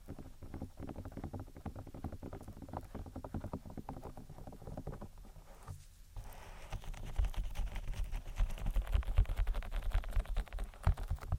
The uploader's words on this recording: ASMR INTENSE Ear Attention Triggers (Tapping, Rubbing, Cupping, Lotion, Latex).